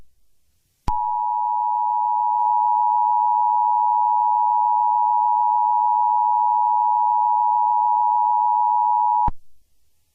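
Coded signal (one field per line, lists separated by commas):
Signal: Emergency Alert System (SAME) tones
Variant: 853 and 960 Hz attention tone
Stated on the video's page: Simulated EAS scenario, a Fourth of July special.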